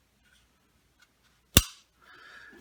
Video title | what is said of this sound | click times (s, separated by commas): Glock 17 & Glock 19 Fun | and what you heard clicking there was this thing right here it clicks and locks onto | 1.6 s